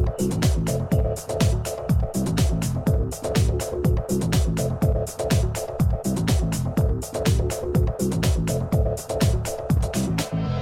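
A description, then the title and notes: Day of the Dead in Tucson, Arizona: a fast, steady drumbeat runs the whole time, with deep booming hits that sag in pitch alongside sharp, bright cracks several times a second. A held low tone hums underneath, and the beat continues unbroken to the end. Day of the Dead, Tucson Arizona.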